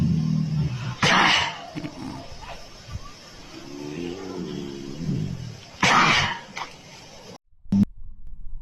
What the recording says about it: That is a powerful sneeze. have you ever seen a tiger sneeze?